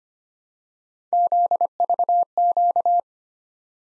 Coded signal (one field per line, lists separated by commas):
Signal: Morse code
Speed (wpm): 25 wpm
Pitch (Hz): 700 Hz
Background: none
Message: ZVQ